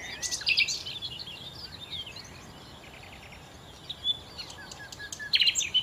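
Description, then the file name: Common nightingale song: short bursts of rapid notes at the start and end, separated by quieter chirping. "Nachtigall"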